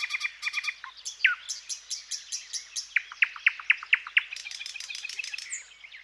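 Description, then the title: Thrush nightingale song: quick clicking notes and high notes, then a fast run of loud, sharply dropping notes, followed by a dry rattle. "Viikon luontoääni: Satakieli"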